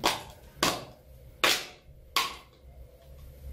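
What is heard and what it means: A plastic cover plate for a light switch or outlet, which holds by pressure only, is pressed by hand onto the mounted device. A sharp snap is heard at the very start, followed by sharp snaps at 0.6, 1.4 and 2.2 seconds. The cover plate snaps into place and is seated.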